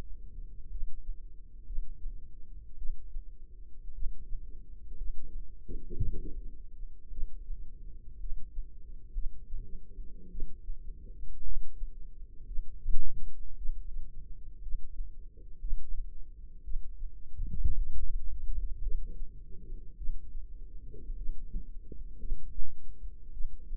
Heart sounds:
heart sounds by microphone in the left ear; 56 bpm
0.70 s: heartbeat
1.65 s: heartbeat
2.77 s: heartbeat
3.93 s: heartbeat
4.97 s: heartbeat
5.96 s: heartbeat
7.10 s: heartbeat
8.19 s: heartbeat
9.13 s: heartbeat
10.30 s: heartbeat
11.44 s: heartbeat
12.46 s: heartbeat
13.57 s: heartbeat
14.62 s: heartbeat
15.60 s: heartbeat
16.63 s: heartbeat
17.76 s: heartbeat
18.82 s: heartbeat
19.97 s: heartbeat
21.16 s: heartbeat
22.19 s: heartbeat
23.32 s: heartbeat
From the record:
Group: healthy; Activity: rest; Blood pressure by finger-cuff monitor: 90/58 mmHg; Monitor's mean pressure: 68 mmHg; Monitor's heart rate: 54 bpm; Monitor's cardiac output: 4.4 L/min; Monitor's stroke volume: 78 mL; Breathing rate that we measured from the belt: 18 breaths a minute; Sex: female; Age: 36 years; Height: 163 cm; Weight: 88 kg

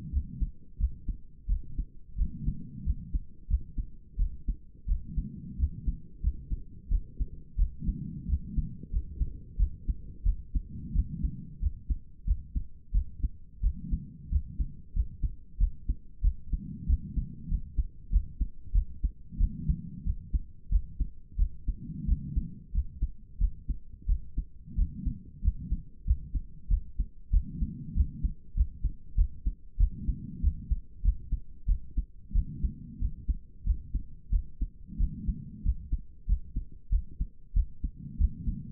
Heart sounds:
heart sounds by stethoscope; 91 bpm
0.12 s: heartbeat
0.79 s: heartbeat
1.48 s: heartbeat
2.17 s: heartbeat
2.85 s: heartbeat
3.49 s: heartbeat
4.18 s: heartbeat
4.87 s: heartbeat
5.58 s: heartbeat
6.22 s: heartbeat
6.90 s: heartbeat
7.57 s: heartbeat
8.28 s: heartbeat
8.91 s: heartbeat
9.58 s: heartbeat
10.24 s: heartbeat
10.94 s: heartbeat
11.61 s: heartbeat
12.26 s: heartbeat
12.93 s: heartbeat
13.62 s: heartbeat
14.30 s: heartbeat
14.94 s: heartbeat
15.59 s: heartbeat
16.22 s: heartbeat
16.87 s: heartbeat
17.49 s: heartbeat
18.11 s: heartbeat
18.73 s: heartbeat
19.39 s: heartbeat
20.05 s: heartbeat
20.70 s: heartbeat
21.37 s: heartbeat
22.07 s: heartbeat
22.73 s: heartbeat
23.39 s: heartbeat
24.07 s: heartbeat
24.77 s: heartbeat
25.43 s: heartbeat
26.05 s: heartbeat
26.69 s: heartbeat
27.31 s: heartbeat
27.95 s: heartbeat
28.55 s: heartbeat
29.16 s: heartbeat
29.78 s: heartbeat
30.42 s: heartbeat
31.03 s: heartbeat
31.67 s: heartbeat
32.33 s: heartbeat
33.00 s: heartbeat
33.65 s: heartbeat
34.31 s: heartbeat
34.98 s: heartbeat
35.64 s: heartbeat
36.27 s: heartbeat
36.91 s: heartbeat
37.54 s: heartbeat
38.18 s: heartbeat
From the record:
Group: healthy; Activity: rest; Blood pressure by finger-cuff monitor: 100/56 mmHg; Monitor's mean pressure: 71 mmHg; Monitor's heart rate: 91 bpm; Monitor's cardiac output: 8 L/min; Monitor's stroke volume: 88 mL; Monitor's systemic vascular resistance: 630 dyn s/cm5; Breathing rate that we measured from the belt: 22 breaths a minute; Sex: female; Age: 22 years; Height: 163 cm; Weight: 67.1 kg

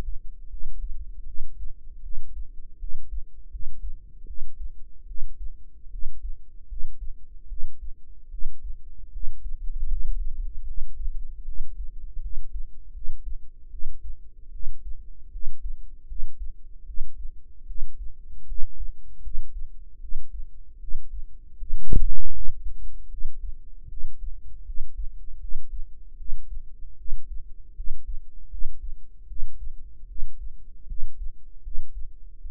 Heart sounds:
heart sounds by microphone in the right ear; 77 bpm
0.48 s: heartbeat
1.25 s: heartbeat
2.01 s: heartbeat
2.78 s: heartbeat
3.49 s: heartbeat
4.25 s: heartbeat
5.06 s: heartbeat
5.89 s: heartbeat
6.67 s: heartbeat
7.47 s: heartbeat
8.29 s: heartbeat
9.11 s: heartbeat
9.87 s: heartbeat
10.65 s: heartbeat
11.44 s: heartbeat
12.20 s: heartbeat
12.92 s: heartbeat
13.69 s: heartbeat
14.50 s: heartbeat
15.30 s: heartbeat
16.06 s: heartbeat
16.85 s: heartbeat
17.66 s: heartbeat
18.46 s: heartbeat
19.21 s: heartbeat
19.99 s: heartbeat
20.78 s: heartbeat
21.57 s: heartbeat
22.31 s: heartbeat
23.08 s: heartbeat
23.87 s: heartbeat
24.64 s: heartbeat
25.39 s: heartbeat
26.16 s: heartbeat
26.96 s: heartbeat
27.74 s: heartbeat
28.49 s: heartbeat
29.26 s: heartbeat
30.06 s: heartbeat
30.86 s: heartbeat
31.61 s: heartbeat
32.40 s: heartbeat
From the record:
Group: healthy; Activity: rest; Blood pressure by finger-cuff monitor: 95/53 mmHg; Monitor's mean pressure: 67 mmHg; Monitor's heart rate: 77 bpm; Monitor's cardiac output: 7.2 L/min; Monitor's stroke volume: 94 mL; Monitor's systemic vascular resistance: 660 dyn s/cm5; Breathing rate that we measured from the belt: 19 breaths a minute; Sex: female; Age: 19 years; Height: 163 cm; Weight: 48.9 kg

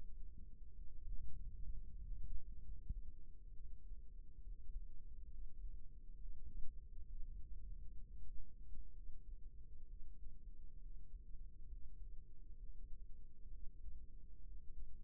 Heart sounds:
heart sounds by microphone in the right ear; 66 bpm
0.74 s: heartbeat
1.69 s: heartbeat
2.60 s: heartbeat
3.50 s: heartbeat
4.40 s: heartbeat
5.28 s: heartbeat
6.15 s: heartbeat
7.05 s: heartbeat
7.95 s: heartbeat
8.91 s: heartbeat
9.85 s: heartbeat
10.77 s: heartbeat
11.66 s: heartbeat
12.55 s: heartbeat
13.47 s: heartbeat
14.40 s: heartbeat
From the record:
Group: healthy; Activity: rest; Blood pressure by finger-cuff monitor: 142/63 mmHg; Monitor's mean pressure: 86 mmHg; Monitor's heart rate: 67 bpm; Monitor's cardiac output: 6.3 L/min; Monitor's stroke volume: 94 mL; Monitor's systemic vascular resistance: 980 dyn s/cm5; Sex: female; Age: 37 years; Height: 168 cm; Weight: 70 kg

